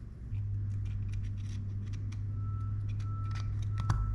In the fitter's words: Make sure you hear that nice little snap.